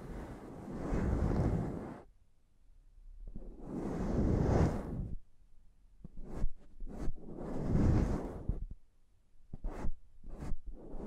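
Scratching and tapping on a microphone. Three long, rough, rumbling swells of rubbing come at the start, around four seconds and around eight seconds. Between and after them fall quick, sharp taps in small clusters near six seconds and again near ten.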